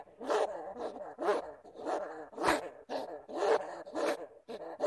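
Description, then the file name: Bamboo rat calls: short, harsh, buzzy grunting squeals in irregular bursts, with a rough, scraping quality. "Tieng dui keu"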